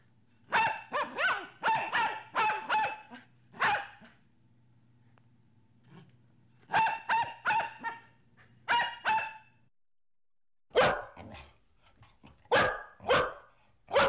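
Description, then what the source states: Dog barks in quick runs separated by pauses, a low steady hum beneath for most of it, and a final run of sharper barks. Medium-sized dog barking, in three variants of bark.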